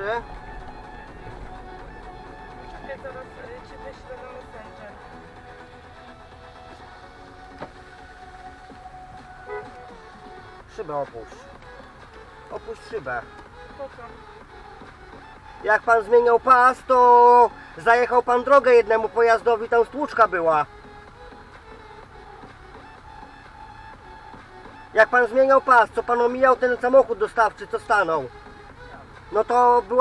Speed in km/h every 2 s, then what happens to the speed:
60, 43, 19, 11, 8, 0, 0, 0, 0, 0, 0, 0, 0, 0, 0.
0-10 brakes to 0. 10-30 standing.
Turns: none.